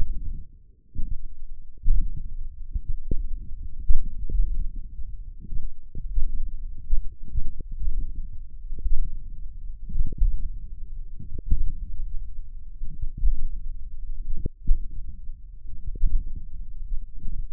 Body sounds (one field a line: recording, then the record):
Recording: forearm muscle sounds (acoustic myography)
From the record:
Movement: tripod grip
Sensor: system 1, eight BSWA MPA416 microphones around the upper forearm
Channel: 8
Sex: male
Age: 20 years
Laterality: left